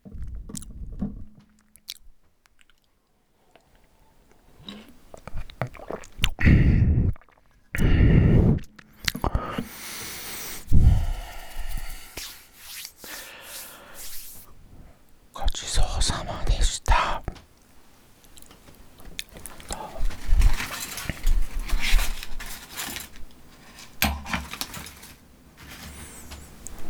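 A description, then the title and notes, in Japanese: Someone eating food, with irregular bursts of crunching and rustling broken by short quiet pauses. Loud low thumps and crackles land around seconds 7 to 9 and 11, then busier clusters of bright clicks and smacking follow from about 15 seconds onward. 食べ物を食べる音。ファンのプレゼントお菓子。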